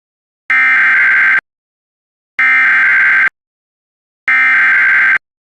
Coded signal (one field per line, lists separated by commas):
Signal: Emergency Alert System (SAME) tones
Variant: header bursts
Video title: EAS #712 Immediate Evacuation